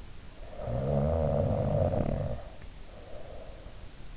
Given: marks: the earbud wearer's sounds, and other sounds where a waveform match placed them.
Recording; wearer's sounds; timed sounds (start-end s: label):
sounds in sleep by an in-ear microphone; snoring breath
0.38-3.81 s: snoring breath